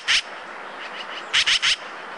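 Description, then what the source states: Yellow-billed Magpie calls, one short harsh note then a rapid series of three scratchy notes, with faint softer chatter between over a steady hiss. Found only in Central California; forages on the ground in noisy groups in oak woods and grasslands.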